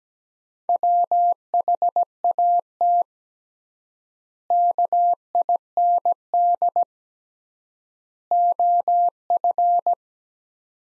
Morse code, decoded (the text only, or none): WHAT KIND OF